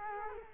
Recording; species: mosquito wingbeat signal from an infrared sensor; Culex quinquefasciatus